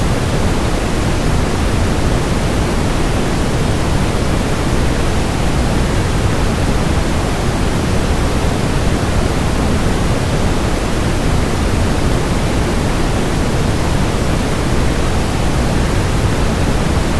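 A waterfall roars without pause, a dense, even rush that holds the same loudness from start to finish. The sound is full, weighted toward a deep rumble with a softer hiss above, and no separate splashes or other sounds stand out.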